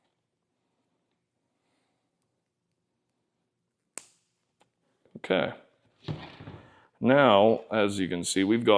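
A helmet speaker cable plug is pushed onto the mating connector of a Cardo PACKTALK Edge helmet intercom unit, and a single sharp snap is heard at 4.0 s as the connector seats. Someone then talks.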